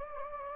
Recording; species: mosquito wingbeat signal from an infrared sensor; Anopheles gambiae